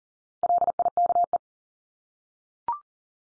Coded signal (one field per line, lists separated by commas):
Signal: Morse code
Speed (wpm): 40 wpm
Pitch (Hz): 700 Hz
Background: none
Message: LIKE